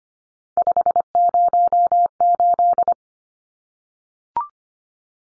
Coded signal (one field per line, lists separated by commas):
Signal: Morse code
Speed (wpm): 25 wpm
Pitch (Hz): 700 Hz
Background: none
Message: 508